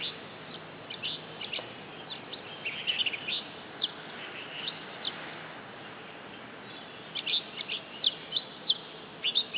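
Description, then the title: Oriental magpie-robin song: rapid clusters of high, chattering chirps, a pause, then more bursts of twittering notes, with steady background hiss. Female competition bird, black poci type, described as gacor (singing persistently) and as a fighting bird, a national first-prize champion from East Java, Indonesia. "Kacer Juara 1 Nasional gacor kacer juara nasional jawa timur kacer tarung betina poci gacor hitam"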